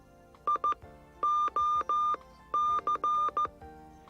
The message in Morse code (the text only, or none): IOC